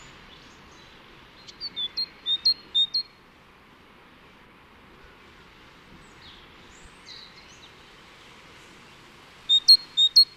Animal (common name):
Great Tit